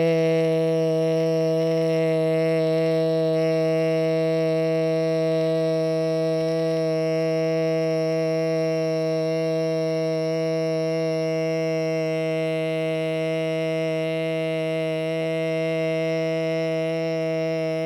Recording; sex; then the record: sustained vowel /e/; female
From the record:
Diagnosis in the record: Parkinson's disease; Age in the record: 61 years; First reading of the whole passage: 53 s, 9.7 characters per second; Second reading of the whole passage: 51 s, 10.1 characters per second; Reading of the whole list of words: 49 s, 5.7 characters per second